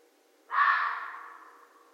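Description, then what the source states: Red fox with a single harsh, scratchy call, abrupt attack followed by a long fading tail, no other sounds. Recorded 13 January 2012.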